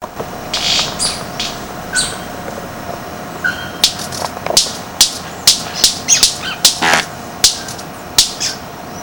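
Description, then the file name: White-bearded manakin sounds: many sharp loud snaps and clicks, coming faster and more regularly in the second half, with some brief squeaky notes over a steady background hiss. Recorded at Itanhaém, São Paulo, Brazil, on 20 August 1994. "Manacus-manacus-JDBopiranga-Itanhaem SP-Brazil 20-8-94-ASilveira"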